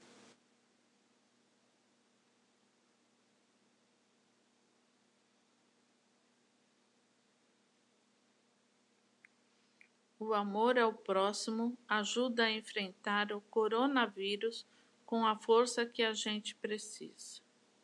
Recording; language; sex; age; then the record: spoken sentence; Brazilian Portuguese; female; 60 to 69 years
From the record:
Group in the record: control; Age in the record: 63 years